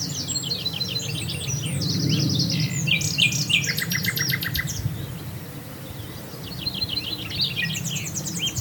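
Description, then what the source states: Common nightingale singing rapid rattling trills and pulsed note series, phrases changing every second or two, with constant low rumbling noise underneath. Swale.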